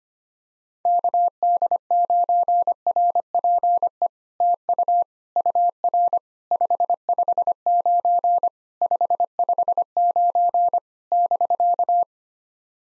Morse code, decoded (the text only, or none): KD9RPE TU UR 559 559 <BK>